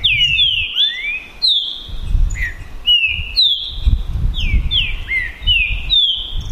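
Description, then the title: Green-winged saltator song: loud, clear whistled phrases that slide down and level off, given in quick repeated bursts over a low rumbling background. Song contest between two birds named Naval and Demolidor, 2022 season; birds calling, singing and acting in a male rivalry display. "É UMA DISPUTA DE TRINCA FERRO PERFEITA!! NAVAL VS DEMOLIDOR 2022!"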